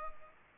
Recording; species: mosquito wingbeat signal from an infrared sensor; Culex pipiens